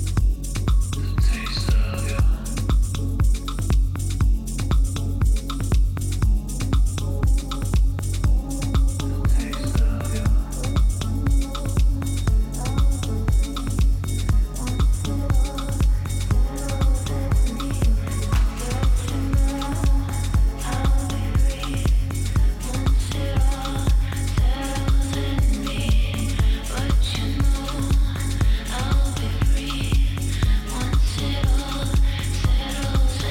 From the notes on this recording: Day of the Dead, Tucson Arizona